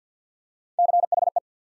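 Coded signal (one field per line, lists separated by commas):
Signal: Morse code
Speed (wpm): 48 wpm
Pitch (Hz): 700 Hz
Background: none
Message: CHE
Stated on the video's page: Morse practice drill at 50 wpm, building 5-letter words one letter at a time, for instant character recognition.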